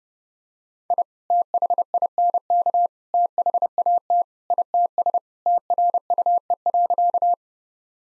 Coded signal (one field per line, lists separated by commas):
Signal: Morse code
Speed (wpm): 30 wpm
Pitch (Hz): 700 Hz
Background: none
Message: I THINK THAT ITS TRUE.